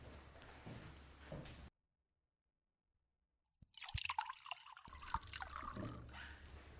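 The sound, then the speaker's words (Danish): Liquid splashes and trickles into a glass in a steady pour, with drips and gurgles, broken by a short silent gap before the pouring resumes. “Jeg tror faktisk, det er mere fyldt, så jeg vil gå over og hælde lidt mere på.”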